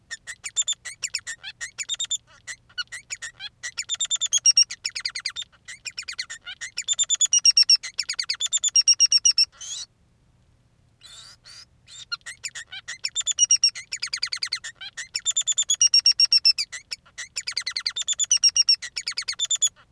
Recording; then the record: song of a male Bengalese finch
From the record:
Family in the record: son of father 3